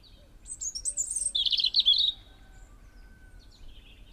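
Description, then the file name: European robin giving a short song phrase: a few very high thin notes leading into a slightly buzzy, fluttering warble, then quiet with faint high notes. "Erithacus rubecula"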